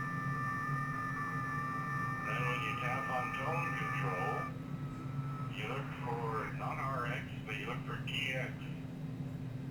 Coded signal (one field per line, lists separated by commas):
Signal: FT8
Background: speech